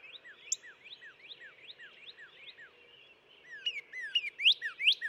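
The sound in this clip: Northern cardinal song: a soft, steady series of down-slurred whistles building to several louder, rising-and-falling notes at the close.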